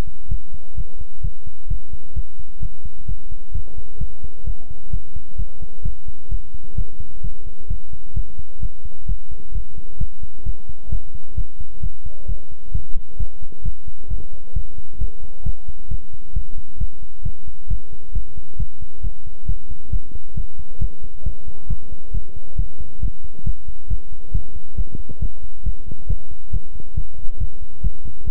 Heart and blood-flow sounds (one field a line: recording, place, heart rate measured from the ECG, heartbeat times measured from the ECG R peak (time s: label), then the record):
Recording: heart sounds by stethoscope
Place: between the tricuspid and mitral areas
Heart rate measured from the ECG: 133 bpm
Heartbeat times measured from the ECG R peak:
0.29 s: heartbeat
0.75 s: heartbeat
1.21 s: heartbeat
1.68 s: heartbeat
2.14 s: heartbeat
2.60 s: heartbeat
3.06 s: heartbeat
3.52 s: heartbeat
3.98 s: heartbeat
4.44 s: heartbeat
4.90 s: heartbeat
5.36 s: heartbeat
5.82 s: heartbeat
6.29 s: heartbeat
6.75 s: heartbeat
7.21 s: heartbeat
7.68 s: heartbeat
8.14 s: heartbeat
8.60 s: heartbeat
9.06 s: heartbeat
9.52 s: heartbeat
9.98 s: heartbeat
10.44 s: heartbeat
10.89 s: heartbeat
11.35 s: heartbeat
11.80 s: heartbeat
12.26 s: heartbeat
12.72 s: heartbeat
13.17 s: heartbeat
13.62 s: heartbeat
14.08 s: heartbeat
14.53 s: heartbeat
14.98 s: heartbeat
15.43 s: heartbeat
15.88 s: heartbeat
16.33 s: heartbeat
16.78 s: heartbeat
17.23 s: heartbeat
17.68 s: heartbeat
18.12 s: heartbeat
18.57 s: heartbeat
19.01 s: heartbeat
19.46 s: heartbeat
19.90 s: heartbeat
20.34 s: heartbeat
20.79 s: heartbeat
21.23 s: heartbeat
21.67 s: heartbeat
22.11 s: heartbeat
22.56 s: heartbeat
23.00 s: heartbeat
23.44 s: heartbeat
23.88 s: heartbeat
24.32 s: heartbeat
24.75 s: heartbeat
25.19 s: heartbeat
25.63 s: heartbeat
26.07 s: heartbeat
26.51 s: heartbeat
26.95 s: heartbeat
27.38 s: heartbeat
27.81 s: heartbeat
28.24 s: heartbeat
From the record:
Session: pedaling a stationary bicycle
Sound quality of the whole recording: good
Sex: male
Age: 24 years